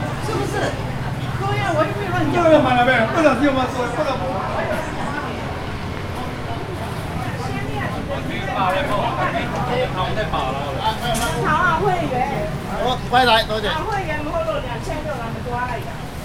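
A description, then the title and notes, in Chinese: Street ambience on Huaxin Street in Zhonghe, crowded with overlapping voices talking the whole way through. A steady low engine rumble sits underneath, and a few brief bright clatters cut through around the eleventh and thirteenth seconds. 中和華新街,鄰近捷運南勢角站。可以感受到來往的車流聲。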